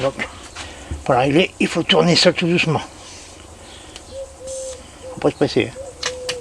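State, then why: Not seated. Someone talks while slowly turning an adjustable plastic drip nozzle on a drip irrigation line to shut it off, with a faint whine around 500 Hz between the words. The nozzle is being handled but nothing has seated or clicked yet.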